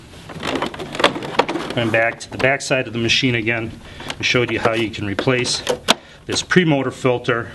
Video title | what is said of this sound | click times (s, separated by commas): Vacuum Care for Advance Spectrum | press it until you hear the audible click | 1.1 s